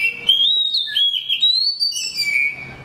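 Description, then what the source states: Oriental Magpie Robin song, fluting whistled notes gliding upward, then a wavering phrase and a falling close, all clear and sweet. Song described as beautiful fluting notes.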